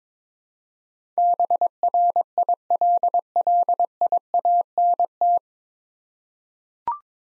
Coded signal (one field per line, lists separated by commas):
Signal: Morse code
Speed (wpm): 22 wpm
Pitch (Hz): 700 Hz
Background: none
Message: BRILLIANT